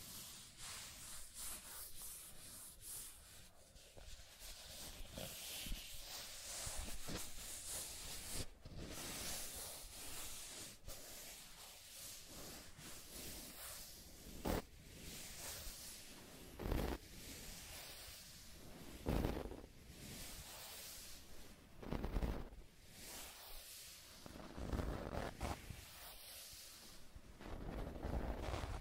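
Scratching and tracing sounds, a continuous dry rustle of something dragged across a surface. Sharper, louder scrapes break through every few seconds, strongest around 15, 17, 19, 22 and 25 seconds, with a faint hiss running underneath throughout.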